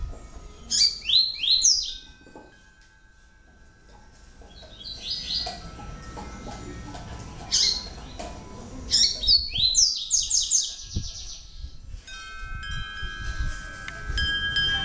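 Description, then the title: Double-collared seedeater singing short phrases of fast, high, slurred notes, repeated several times. "Canto Coleiro"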